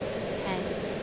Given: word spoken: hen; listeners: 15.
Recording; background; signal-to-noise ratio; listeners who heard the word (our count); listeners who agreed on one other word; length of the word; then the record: one English word in noise, from a listening test; speech-shaped noise; -5.3 dB; 2 of 15; 12 of 15; 0.63 s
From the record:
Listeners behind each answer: 12, 2, 1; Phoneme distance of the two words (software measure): 10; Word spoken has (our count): 1 syllable, 3 phonemes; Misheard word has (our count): 1 syllable, 3 phonemes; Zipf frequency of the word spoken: 3.96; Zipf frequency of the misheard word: 4.37